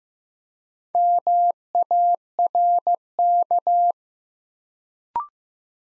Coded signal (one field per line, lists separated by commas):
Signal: Morse code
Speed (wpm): 15 wpm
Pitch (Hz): 700 Hz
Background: none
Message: MARK